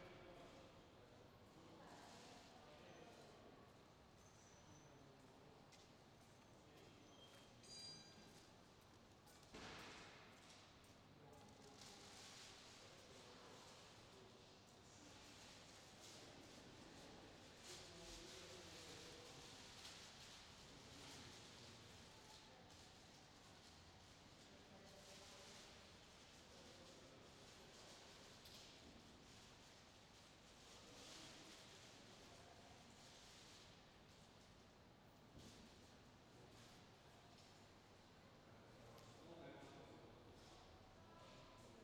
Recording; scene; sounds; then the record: everyday scene through a hearing-aid microphone; reverberant space; background noise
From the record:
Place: railway station hall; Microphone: in the ear canal, left